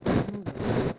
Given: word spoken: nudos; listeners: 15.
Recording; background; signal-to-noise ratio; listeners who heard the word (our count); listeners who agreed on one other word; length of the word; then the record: one Spanish word in noise, from a listening test; noise modulated by one talker; -11.1 dB; 1 of 15; 7 of 15; 0.59 s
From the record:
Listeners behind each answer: 7, 5, 1, 1, 1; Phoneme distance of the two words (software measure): 28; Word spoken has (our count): 2 syllables, 5 phonemes, stress on syllable 1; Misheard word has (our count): 3 syllables, 7 phonemes, stress on syllable 2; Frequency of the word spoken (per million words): 4.84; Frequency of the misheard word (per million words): 19.11